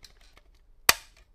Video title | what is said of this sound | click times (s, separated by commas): Best Build-on Brick Mugs for Kids ? | oh wow those things snap on nicely you hear that good snap | 0.9 s